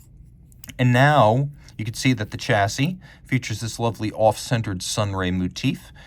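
A steel Jaeger-LeCoultre Reverso Tribute Chronograph (Q389848J) case is flipped over in its carrier frame, or chassis, which has an off-centred sunray motif. A faint tick comes just before a short, sharp snap at 0.6 s as the spring-loaded pin snaps lock the reversible case into place, fully seated. Someone then talks.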